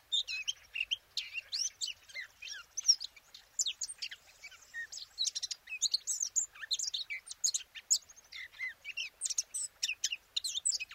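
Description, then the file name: Eurasian blackcap singing a sustained, rambling warble of fast high notes and twitters with occasional short pauses. "Sylvia atricapilla"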